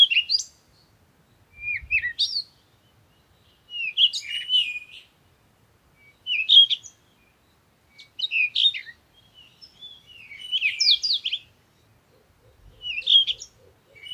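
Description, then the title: Bird song in separate chirpy, twittering phrases at fairly even gaps, high and quick, with a soft low thump early and faint ticking near the end. Morning birds recorded outdoors in nature while on vacation. "Morning Birds Meditation - Spiritually Fit with Amelia Andaleon"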